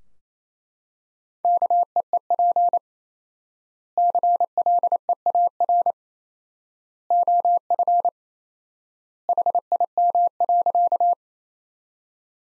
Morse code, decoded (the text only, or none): KEEP CLEAR OF HIM.